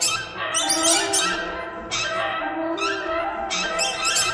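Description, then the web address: Birds calling in a harsh, grating chorus. Noisy squawks repeat in clusters over a steady din of calls. "soundfactory birds"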